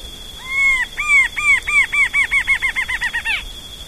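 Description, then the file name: Rufous-winged antshrike: a series of arched notes that speeds up and shortens toward the end, over a steady high buzzing tone. "Thamnophilustorquatusjmb"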